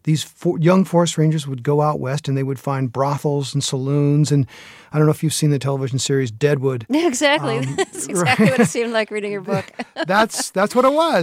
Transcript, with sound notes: These young forest rangers would go out West, and they would find brothels and saloons. And I don't know if you've seen the television series "Deadwood"...
Exactly. (Soundbite of laughter) That's what it seemed like, reading your book.
(Soundbite of laughter) That's what it was.